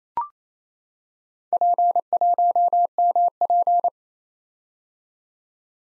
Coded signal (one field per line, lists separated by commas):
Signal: Morse code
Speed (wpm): 29 wpm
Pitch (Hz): 700 Hz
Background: none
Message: P1MP